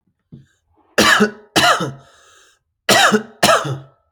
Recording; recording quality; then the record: heavy voluntary cough; excellent, no background noise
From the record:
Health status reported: healthy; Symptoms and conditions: none ticked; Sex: male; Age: 24 years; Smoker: not ticked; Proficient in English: yes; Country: United States